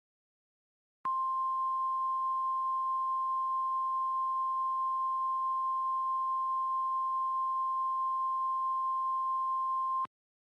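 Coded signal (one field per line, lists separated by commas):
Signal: Emergency Alert System (SAME) tones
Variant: 1050 Hz attention tone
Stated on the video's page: Fictional EAS scenario.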